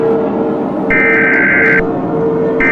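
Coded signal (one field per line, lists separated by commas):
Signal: Emergency Alert System (SAME) tones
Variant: header bursts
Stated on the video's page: Fictional EAS scenario with text-to-speech and borrowed siren sounds.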